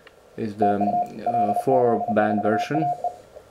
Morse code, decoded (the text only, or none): TU LZ4AE